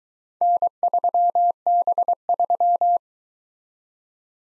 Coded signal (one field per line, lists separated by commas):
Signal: Morse code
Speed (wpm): 22 wpm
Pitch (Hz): 700 Hz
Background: none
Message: N3B3